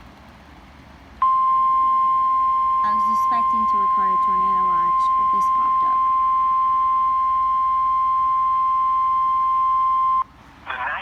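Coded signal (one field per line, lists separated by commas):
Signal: Emergency Alert System (SAME) tones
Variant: 1050 Hz attention tone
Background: speech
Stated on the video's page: Live recording of a tornado watch alert as it was issued.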